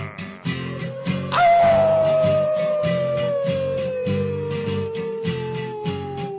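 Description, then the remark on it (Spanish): A loud, sustained dog-like howl, given on command, starts abruptly and slowly slides downward in pitch for several seconds, over a steady pulsing rhythmic beat in the background. “¡Aullar!”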